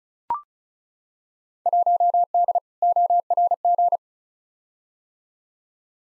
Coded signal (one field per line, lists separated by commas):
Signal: Morse code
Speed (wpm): 36 wpm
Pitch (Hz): 700 Hz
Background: none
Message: 1D ORG